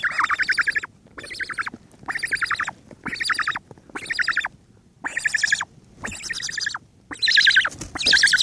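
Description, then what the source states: Cory's shearwater chicks uttering hoarse, pulsed, buzzy calls in a series of bursts about once a second. Calls of chicks; seabird.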